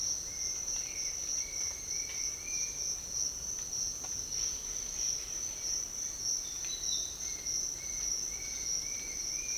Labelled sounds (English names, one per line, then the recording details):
none
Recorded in dense forest near Puerto Asís, Putumayo, Colombia, on 13 March 2025 at 07:00
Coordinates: 0.500, -76.322
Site GP06